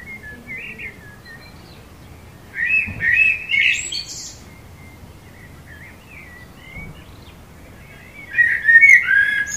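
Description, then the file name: Common blackbird song in separated phrases, low fluty warbles with high twittered tails, quiet gaps between them and a faint click or two. "Turdus merula"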